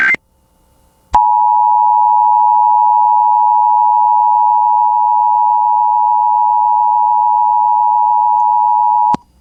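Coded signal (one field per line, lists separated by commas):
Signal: Emergency Alert System (SAME) tones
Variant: 853 and 960 Hz attention tone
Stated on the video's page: Severe thunderstorm warning SAME tones relayed by an FM radio station.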